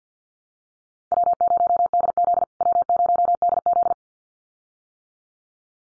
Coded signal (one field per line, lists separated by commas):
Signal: Morse code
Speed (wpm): 49 wpm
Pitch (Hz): 700 Hz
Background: none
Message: W0DZ W0DZ